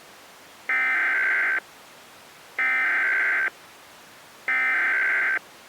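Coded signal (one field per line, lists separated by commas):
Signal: Emergency Alert System (SAME) tones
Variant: header bursts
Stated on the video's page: Simulated EAS tones in a fictional hurricane scenario remaking an earlier scenario loosely based on Resident Evil 7.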